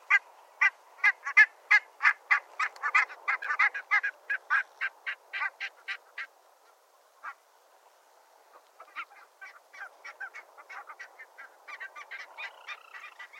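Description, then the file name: Barnacle goose: barnacle geese giving short yapping flight calls in a fast run, a pause with one honk, then a softer chattering stretch of many overlapping calls. "HVITKINNGÅS FLUKTLYD"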